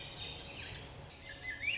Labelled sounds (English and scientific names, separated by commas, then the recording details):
Swainson's Thrush (Catharus ustulatus)
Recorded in Sonoma County, California